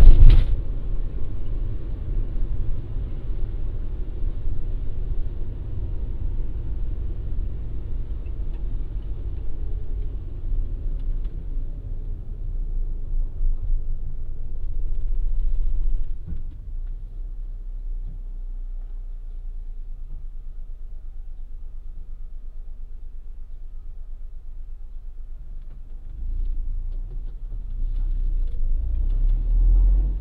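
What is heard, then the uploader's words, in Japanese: A car is driven along toward a farm stand, its low engine rumble and road hum steady throughout. The drone fills the low end; around the middle it softens and thins, then swells again near the end as the car picks up. 環境音 直売所へ店出し。直売所へクルマで向かう。クルマの運転時間長め。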